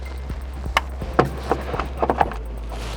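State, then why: Seated. The main wiring harness plug is pushed into the telematics hub unit with its red locking pin pulled down, and it clicks in and seats at 0.8 s. Several more sharp taps follow around 1.2, 1.5, 1.8, 2.1 and 2.2 s over a steady low hum.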